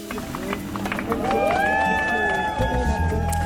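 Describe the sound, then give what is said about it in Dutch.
A crowd applauds and cheers for 19-year-old British-Belgian pilot Zara Rutherford after she landed her small plane in Wevelgem, Belgium, completing her flight around the world. It is a dense wash of clapping and voices, with a steady rising whine running through it and growing slightly louder toward the end. “Dit applaus is voor de 19-jarige Brits-Belgische Zara Rutherford.”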